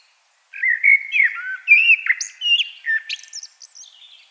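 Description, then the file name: Common blackbird with a flowing, fluted warble of varied pitch, ending in thin high squeaky notes that fade away. "Turdus merula"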